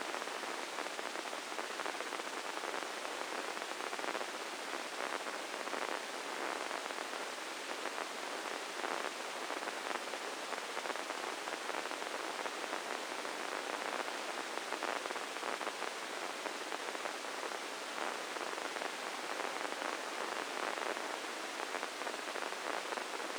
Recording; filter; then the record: brain microelectrode recording played as sound; spike band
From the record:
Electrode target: subthalamic nucleus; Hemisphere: left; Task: reaching with the right hand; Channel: 1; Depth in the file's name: 4.826 mm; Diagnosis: Parkinson's disease